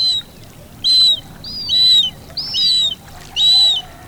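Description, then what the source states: Bird song: five clear whistled notes at about one per second, some flat and some arched, over a quiet background hiss. Marsh habitat.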